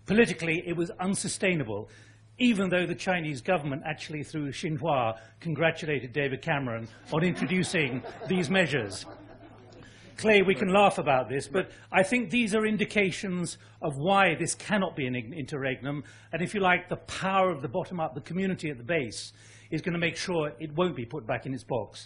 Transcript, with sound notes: Politically it was unsustainable even though the Chinese Government, actually through Shing Wah congratulated David Cameron on introducing these measures. (Laughter) Clay, we can laugh about this, but I think these are indications of why this cannot be an interregnum and, if you like, the power of the bottom up, the community at the base is going to make sure it won’t be put back in its